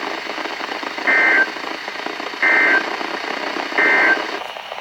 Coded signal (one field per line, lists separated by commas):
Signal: Emergency Alert System (SAME) tones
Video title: EAS #1502-#1504: On the Edge | WZ2500 & WXL60